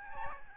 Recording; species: mosquito wingbeat signal from an infrared sensor; Aedes albopictus